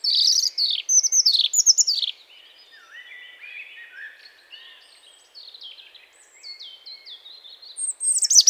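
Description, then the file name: European robin song starting with loud quick downward-sweeping notes, then a long stretch of quiet high wavering whistles and slides, closing with a sharp burst. "Erithacus rubecula"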